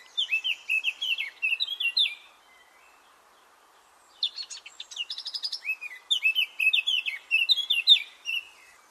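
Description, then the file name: Eurasian blackcap song: a two-second burst of rapid, fluty warbled notes, a pause of nearly two seconds, then a longer run of chattering and whistled phrases. "Sylvia atricapilla"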